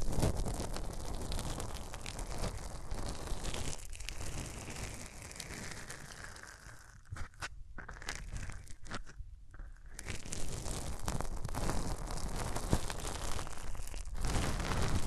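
Hands rub over the ears in a steady, dense rustle, a constant scratchy friction with soft crinkling bits. Brief pauses thin the sound around four seconds and again between seven and ten seconds, then the full rubbing returns through the end. No talking.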